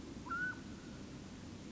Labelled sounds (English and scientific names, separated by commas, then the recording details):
Mountain Quail (Oreortyx pictus)
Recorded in Sonoma County, California